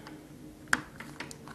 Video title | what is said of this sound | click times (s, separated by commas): R179 Bandai Saint Seiya Myth Cloth Ophiuchus Shaina Action Figure Review | hear that snap | 0.7 s